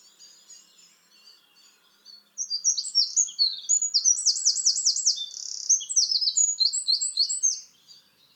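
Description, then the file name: Eurasian wren singing a long, loud, high-pitched phrase of rapid trills and piercing notes lasting about five seconds after a quiet start. "Troglodytes troglodytes"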